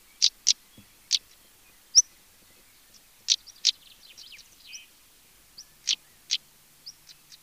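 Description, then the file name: European stonechat uttering loud clicking tacks and a high whistle, followed by a short burst of scratchy chattering notes. "Tarier patre"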